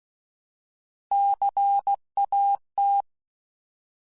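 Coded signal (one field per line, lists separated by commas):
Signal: Morse code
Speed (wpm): 16 wpm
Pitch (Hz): 800 Hz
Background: none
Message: CAT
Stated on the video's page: CW sound bites used as Morse learning examples in a presentation to an amateur radio club.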